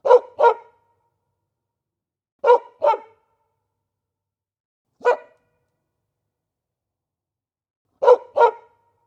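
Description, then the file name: Dog barking in short bursts, mostly paired sharp woofs separated by pauses of two to three seconds, one single bark between, against silence. "chien qui aboie"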